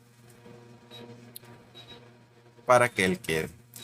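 A small plastic bezel trim piece is pressed carefully back onto the housing of an HP 22 all-in-one PC as a press fit. A sharp, brief snap at 1.4 s marks it seating into place. Someone talks briefly near the end.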